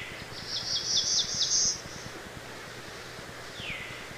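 Black-throated Blue Warbler song, a series of high buzzy notes closing on a longer buzz, then a single falling whistle from another bird.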